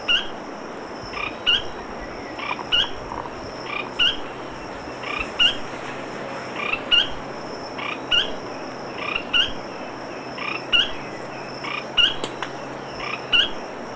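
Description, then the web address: Chestnut-throated spinetail repeating crisp, clipped call notes, with a constant high-pitched drone behind. Ecuador. "Birds of Ecuador. Chestnut-throated Spinetail"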